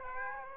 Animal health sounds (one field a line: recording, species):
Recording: mosquito wingbeat signal from an infrared sensor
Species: Aedes aegypti